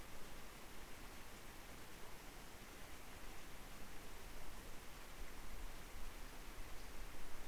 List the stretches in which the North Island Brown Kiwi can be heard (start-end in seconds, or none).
none